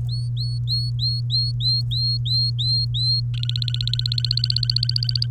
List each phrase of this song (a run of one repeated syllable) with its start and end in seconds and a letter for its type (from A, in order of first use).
0.09-3.20 A, 3.34-5.26 B